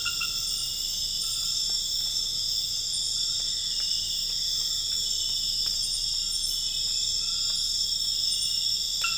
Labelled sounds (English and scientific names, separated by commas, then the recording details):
none
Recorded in dense forest near Puerto Asís, Putumayo, Colombia, on 4 March 2025 at 00:30
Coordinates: 0.484, -76.325
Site G045